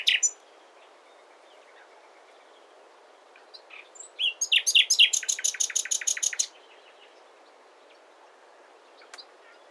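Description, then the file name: Common nightingale singing: a brief opening note, quiet, then a long phrase of loud rapid repeated clicking notes lasting a few seconds. "Luscinia megarhynchos"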